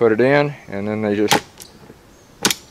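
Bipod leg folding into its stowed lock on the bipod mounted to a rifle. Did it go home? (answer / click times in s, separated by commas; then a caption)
yes / 2.5 s. Someone talks as a leg of a Caldwell bipod mounted on a Smith & Wesson M&P15-22 rimfire rifle is folded up into its stowed position. The metal leg snaps and locks into place with a sharp click at 2.5 seconds, and the leg is seated.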